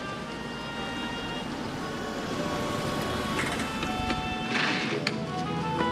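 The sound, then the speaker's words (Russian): A car pulls up outside a hospital, its engine a steady hum with a thin whine that swells slightly, then a brief hiss of brakes or tires near the end. No one speaks. “Подъезжает машина.”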